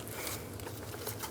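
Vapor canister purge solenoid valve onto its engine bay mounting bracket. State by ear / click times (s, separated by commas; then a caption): not seated / none. A vapor canister purge solenoid valve for a 2007–13 Chevy Avalanche, with its hose attached, is being handled and slid over its engine bay mounting bracket. Soft patter and small handling taps are heard, with brief knocks around 0.1 and 0.6 seconds. The valve has not yet clicked or seated on the bracket.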